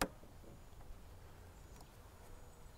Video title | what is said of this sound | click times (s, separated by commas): Loop Electricity Monitor Starter Kit Installation | and clip it around the cable and close it until it clicks | 0.0 s